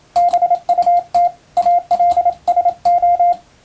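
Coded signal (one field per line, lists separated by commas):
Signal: Morse code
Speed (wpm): 27 wpm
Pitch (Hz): 700 Hz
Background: radio noise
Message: BUT ALSO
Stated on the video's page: Morse practice of plain English text sent with an electronic keyer, somewhat fast.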